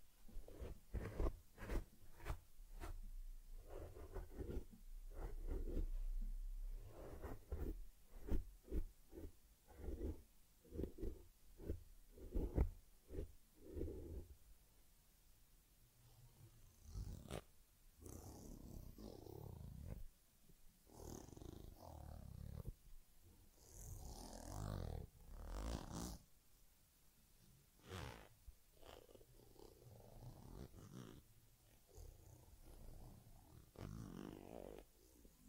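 Teddy is groomed with massage, cleaning, combing and ear care. The first fifteen seconds bring quick, regular brushing strokes, fairly dense and rough. After that the sounds thin into softer rubbing and scattered sharp swishes, with a low breathy rumble underneath.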